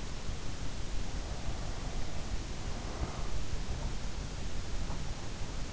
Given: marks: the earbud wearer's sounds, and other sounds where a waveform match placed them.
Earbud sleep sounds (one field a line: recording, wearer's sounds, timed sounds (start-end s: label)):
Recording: sounds in sleep by an in-ear microphone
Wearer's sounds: breath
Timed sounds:
0.84-3.77 s: breath